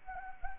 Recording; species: mosquito wingbeat signal from an infrared sensor; Anopheles gambiae